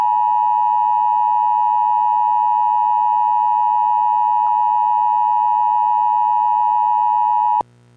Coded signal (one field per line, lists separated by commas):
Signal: Emergency Alert System (SAME) tones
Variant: 853 and 960 Hz attention tone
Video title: SCP-049 Containment Breach; An EAS Scenario